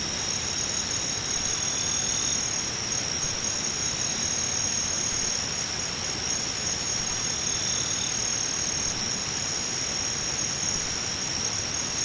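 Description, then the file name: Singing insects hold a continuous shrill drone with a fast pulsed layer, several callers overlapping, a short extra trill now and then. "nakumushi"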